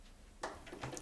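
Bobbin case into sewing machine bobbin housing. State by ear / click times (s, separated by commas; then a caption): seated / 0.4 s. A bobbin case is eased gently into its housing inside a sewing machine. It snaps into place with a sharp click at 0.4 s, followed by fainter handling taps and clicks. The bobbin case is seated.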